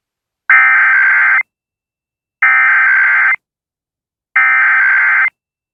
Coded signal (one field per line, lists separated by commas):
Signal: Emergency Alert System (SAME) tones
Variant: header bursts